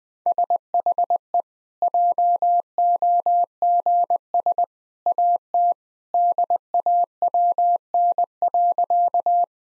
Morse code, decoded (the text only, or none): SHE JOGS AT DAWN.